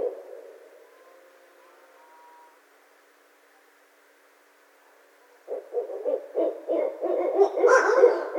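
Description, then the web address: Barred owl calls, faint and brief at first, then after a pause a loud burst of rapid hoots rising into excited, raucous notes. Recorded 26 February 2012. "Barred Owl 2012 02 26 Barred Owl"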